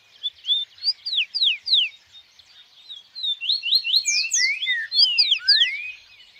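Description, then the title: Birds singing: two lively phrases of rapid descending whistled notes, the second denser, amid soft background chirps. Birds singing at dawn. "Pássaros Cantando No Amanhecer"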